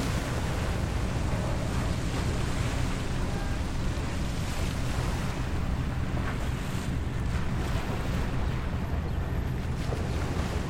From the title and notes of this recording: Besiktas Coast, Istanbul, TR. Ambient sound of Besiktas Coast. Recorded with Zoom H6, using X/Y Mic capsule.